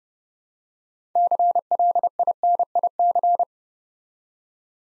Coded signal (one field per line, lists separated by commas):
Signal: Morse code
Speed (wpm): 30 wpm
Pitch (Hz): 700 Hz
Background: none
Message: CLINIC